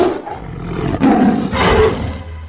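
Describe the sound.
A tiger roars loudly in two rough, growling surges, the second swelling then fading away, with no talking.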